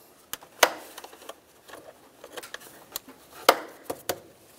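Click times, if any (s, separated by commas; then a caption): 0.6 s, 3.5 s. The spring latches on the plastic air filter box of a 2006-10 Ford Explorer are snapped closed, latching the cover onto the lower housing. Two sharp snaps ring out at 0.6 s and 3.5 s, with softer clicks and taps around them. The air box clips are shut and the cover is confirmed seated.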